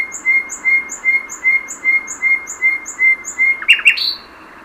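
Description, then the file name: Common nightingale repeating a clear note about two to three times a second, nine times, before ending with a brief twittering flourish. "Luscinia megarhynchos"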